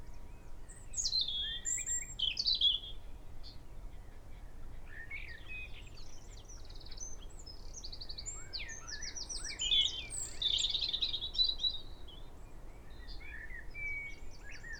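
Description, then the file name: Eurasian wren giving scattered high chips and short rattling trills that build into a dense burst later on, over steady background hiss. "Troglodytes troglodytes"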